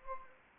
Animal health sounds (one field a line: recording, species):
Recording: mosquito wingbeat signal from an infrared sensor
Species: Anopheles gambiae